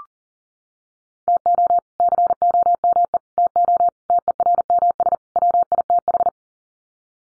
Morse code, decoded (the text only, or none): TO COME TO TERMS WITH